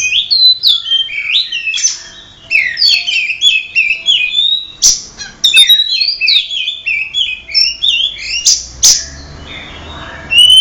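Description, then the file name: Oriental magpie-robin song, a long sequence of whistled and chattering phrases broken by sharp clicks, ending in a rising whistle. Kacer song from a simulated songbird contest recording. "audio simulasi lomba untuk kacer omkicau"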